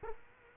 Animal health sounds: mosquito wingbeat signal from an infrared sensor; Culex quinquefasciatus

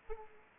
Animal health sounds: mosquito wingbeat signal from an infrared sensor; Aedes aegypti

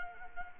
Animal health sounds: mosquito wingbeat signal from an infrared sensor; Culex quinquefasciatus

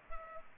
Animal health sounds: mosquito wingbeat signal from an infrared sensor; Culex pipiens

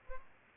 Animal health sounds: mosquito wingbeat signal from an infrared sensor; Aedes aegypti

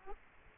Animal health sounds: mosquito wingbeat signal from an infrared sensor; Aedes aegypti

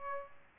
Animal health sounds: mosquito wingbeat signal from an infrared sensor; Aedes albopictus

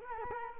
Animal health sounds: mosquito wingbeat signal from an infrared sensor; Culex quinquefasciatus

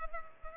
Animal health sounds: mosquito wingbeat signal from an infrared sensor; Culex pipiens

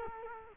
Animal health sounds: mosquito wingbeat signal from an infrared sensor; Culex quinquefasciatus

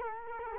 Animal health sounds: mosquito wingbeat signal from an infrared sensor; Culex quinquefasciatus

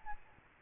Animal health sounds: mosquito wingbeat signal from an infrared sensor; Aedes albopictus

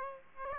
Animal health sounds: mosquito wingbeat signal from an infrared sensor; Aedes aegypti

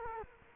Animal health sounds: mosquito wingbeat signal from an infrared sensor; Culex quinquefasciatus

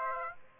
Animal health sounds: mosquito wingbeat signal from an infrared sensor; Aedes aegypti

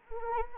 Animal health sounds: mosquito wingbeat signal from an infrared sensor; Anopheles arabiensis

